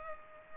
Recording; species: mosquito wingbeat signal from an infrared sensor; Culex pipiens